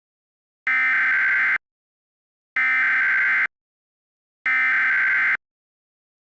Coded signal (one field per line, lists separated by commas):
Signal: Emergency Alert System (SAME) tones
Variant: header bursts